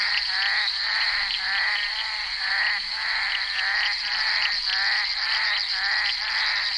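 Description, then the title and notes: Bullfrog croaks, coarse and pulsed, repeating about twice a second among many callers, with a continuous shrill drone behind. Recorded during the filming of Henri Duparc's film Bal poussière, February 1988. "crapaux buffle. enregistré sur le tournage Bal poussière dhenri duparc en février 1988"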